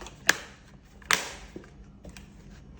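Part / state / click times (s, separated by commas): plastic lock clip on food steamer tier/lid / seated / 0.3 s, 1.1 s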